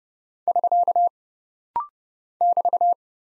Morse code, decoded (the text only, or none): <SK> <BT>